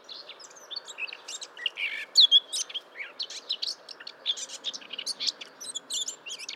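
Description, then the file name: Eurasian blackcap giving a busy jumble of short, sharp high chirps and brief whistled notes, loudest around two seconds in, over a steady low background hum. "Sylvia atricapilla"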